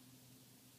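During an iPhone 3G/3GS screen repair, a small flex ribbon cable connector is handled over its logic board socket, heard only as a steady broadband hiss with a faint low hum and no distinct transient. Nothing has seated or clicked yet.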